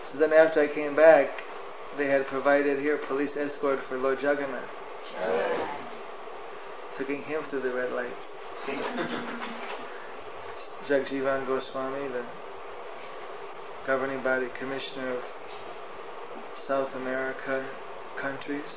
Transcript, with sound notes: So then after I came back, they had provided here police escort for Lord Jagannath,
Jaya!
So He came through the red lights. (laughter) Jagajivana Goswami, the governing body commissioner of South American countries,